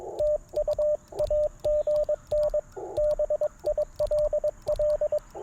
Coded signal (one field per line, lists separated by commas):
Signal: Morse code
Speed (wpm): 22 wpm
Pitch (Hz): 600 Hz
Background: radio noise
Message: TU AGN BILL